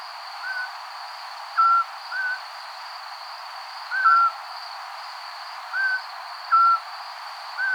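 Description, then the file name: Eurasian scops owl calls: brief level whistles alternating between two pitches, each repeated every few seconds, with a continuous shrill insect chorus behind. "zwergohreule"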